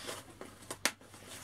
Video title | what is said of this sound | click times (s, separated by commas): Vertx Gamut Backpack: Stay Organized on the Move | but you snap these up | 0.9 s